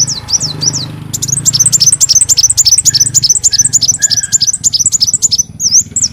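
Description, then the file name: Leafbird song: a long, fast series of high, bright repeated notes, varied and chattering, over a faint low hum. "Tieng chim xanh tim"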